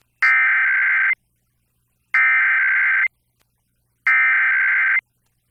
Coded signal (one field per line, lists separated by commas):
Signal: Emergency Alert System (SAME) tones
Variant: header bursts